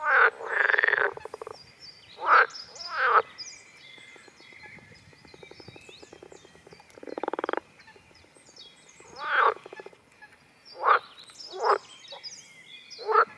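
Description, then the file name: Water frog croaking: loud buzzy croaks in irregular bursts, a long quieter rattling series midway, and several short croaks toward the end. "Groene Kikker"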